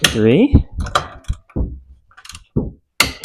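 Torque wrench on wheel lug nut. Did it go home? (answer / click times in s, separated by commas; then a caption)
yes / 3.0 s. Someone talks while a torque wrench tightens the fourth lug nut on a wheel. The wrench gives a sharp click at 3.0 s as it reaches its setting, and a second loud snap follows at about 3.2 s.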